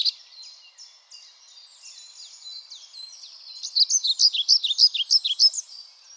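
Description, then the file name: European pied flycatcher song, a rhythmic run of high, rising and falling notes lasting about two seconds, after soft twittering. "GOBEMOUCHE NOIR"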